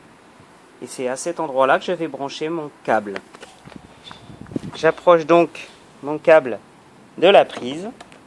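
Someone talks while bringing a charging cable's plug toward an electric car's charging port, under the small flap behind the logo. A few faint, brief handling sounds occur between about 3.7 and 4.6 seconds. The plug has not yet been pushed in, and nothing has seated or clicked.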